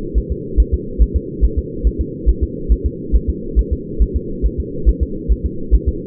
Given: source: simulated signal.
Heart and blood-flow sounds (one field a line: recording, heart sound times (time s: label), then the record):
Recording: fetal heart sounds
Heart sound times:
0.18 s: S1
0.32 s: S2
0.60 s: S1
0.74 s: S2
1.02 s: S1
1.16 s: S2
1.44 s: S1
1.59 s: S2
1.87 s: S1
2.01 s: S2
2.29 s: S1
2.43 s: S2
2.72 s: S1
2.86 s: S2
3.16 s: S1
3.30 s: S2
3.59 s: S1
3.73 s: S2
4.02 s: S1
4.16 s: S2
4.46 s: S1
4.60 s: S2
4.89 s: S1
5.03 s: S2
5.32 s: S1
5.46 s: S2
5.75 s: S1
5.89 s: S2
From the record:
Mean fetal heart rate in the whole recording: 140 bpm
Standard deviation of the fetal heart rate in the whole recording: 2 bpm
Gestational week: 34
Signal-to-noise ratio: -4.3 dB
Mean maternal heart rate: 72 bpm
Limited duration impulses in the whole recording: absent